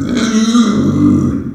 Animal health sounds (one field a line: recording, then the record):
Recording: squeal of a Yucatan mini pig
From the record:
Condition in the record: after surgery on the right vocal fold (resection and tissue-engineered implant)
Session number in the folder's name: 9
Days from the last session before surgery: 65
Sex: female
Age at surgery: 19 weeks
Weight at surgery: 25 kg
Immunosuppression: prednisolone